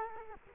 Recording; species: mosquito wingbeat signal from an infrared sensor; Culex quinquefasciatus